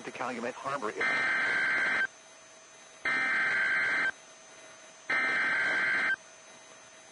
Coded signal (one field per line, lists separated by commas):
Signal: Emergency Alert System (SAME) tones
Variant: header bursts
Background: speech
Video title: EAS Tornado Warning Chicago-Gary Suburbs NOAA Weather Radio (Tornado On The Ground!)